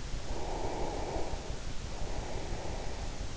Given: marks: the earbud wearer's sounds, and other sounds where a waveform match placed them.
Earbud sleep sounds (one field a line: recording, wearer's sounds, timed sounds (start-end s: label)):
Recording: sounds in sleep by an in-ear microphone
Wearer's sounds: breath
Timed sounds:
0.28-3.27 s: breath